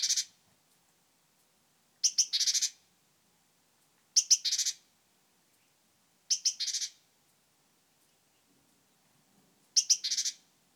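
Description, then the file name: Great tit scolding calls, each a few quick ticks running into a dry, rasping churr, given five times, mostly about two seconds apart. "Parus major"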